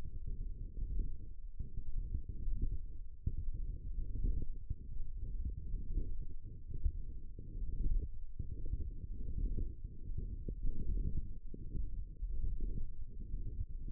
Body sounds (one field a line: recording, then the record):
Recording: forearm muscle sounds (acoustic myography)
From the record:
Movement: wrist extension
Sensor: system 1, eight BSWA MPA416 microphones around the upper forearm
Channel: 3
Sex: female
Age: 20 years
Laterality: right